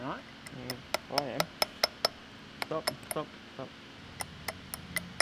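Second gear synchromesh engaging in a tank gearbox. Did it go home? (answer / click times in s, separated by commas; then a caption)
no / none. During reassembly of a restored 1943 StuG III ZF gearbox from a WWII tank, the gear-change mechanism is pushed toward engaging second gear through its synchromesh, while someone talks. Sharp metallic clinks and taps ring out over the handling. The clip ends before the gear goes home, so nothing has seated or clicked yet.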